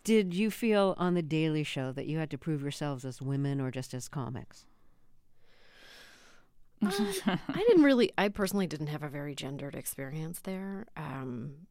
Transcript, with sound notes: Did you feel on "The Daily Show" that you had to prove yourselves as women or just as comics?
(Laughter).
I didn't really - I personally didn't have a very gendered experience there.